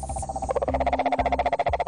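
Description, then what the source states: Cane toad trill: a steady, fast, purring pulse train that starts after half a second and runs to the end, over a faint low hum. Introduced species in Australia, brought from overseas to control a beetle pest; poisonous skin; now spreading.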